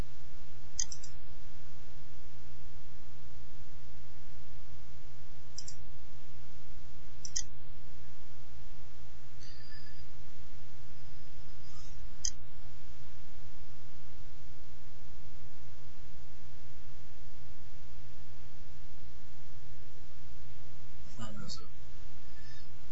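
Several sharp computer mouse clicks as a link is clicked, irregularly spaced with long pauses between them, rising above a steady low hum and a constant soft hiss.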